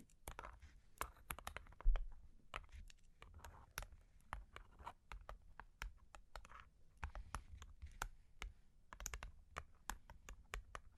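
Long claws tap and scratch on a hard surface in quick, uneven bursts of sharp clicks, several per second throughout. Brief softer scraping smears fill gaps between taps, and a faint low rumble runs underneath, with a louder thump near two seconds.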